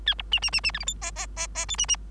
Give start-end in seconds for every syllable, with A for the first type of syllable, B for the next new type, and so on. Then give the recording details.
0.06-0.14 A, 0.18-0.22 B, 0.32-0.40 C, 0.42-0.50 C, 0.52-0.60 C, 0.63-0.71 C, 0.73-0.79 D, 0.79-0.85 E, 0.86-0.94 F, 1.01-1.11 G, 1.16-1.27 G, 1.36-1.47 G, 1.55-1.66 G, 1.68-1.77 H, 1.78-1.86 C, 1.88-1.96 C. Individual Bird3